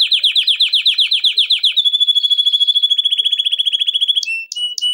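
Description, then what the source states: Canary song with fast repeated chirps, then a long steady high rolled trill, ending in a few sharp separated notes. Canary song intended for training.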